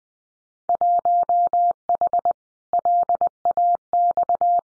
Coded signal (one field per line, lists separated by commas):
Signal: Morse code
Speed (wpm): 20 wpm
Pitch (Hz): 700 Hz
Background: none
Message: 1H LAX